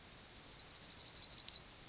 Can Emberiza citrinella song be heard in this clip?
yes